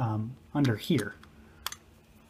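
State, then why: Seated. Someone talks while a small, molded, rubbery toy pilot figure is slid into its seat under the lion robot's chest. It locks into place in the cockpit with a light plastic tick at 1.7 s, followed immediately by a softer tick.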